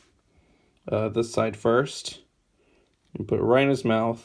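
Someone talks while a small plastic missile is handled side-first toward the mouth launcher of a MegaMan Star Force Wave Battle Model DX WM-01 Takara action figure. A faint tick is heard at 2.9 s between phrases. The missile has not yet seated or clicked into the launcher.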